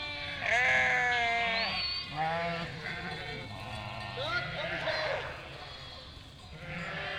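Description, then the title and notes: Sheep bleats, a loud quavering call early, followed by softer overlapping bleats from several animals. Flock of 467 sheep and lambs bleating in chorus while grazing and moving in spring, eating grass and wild garlic; Chindrieux, France; binaural, Fostex FR2 LE, recordist travelling by bicycle. "847 Rue de Vars, 73310 Chindrieux, France - Troupeau de moutons. troupeau de 467 moutons et agneaux. Bêlements en chorale très spacialisée et en mouvement"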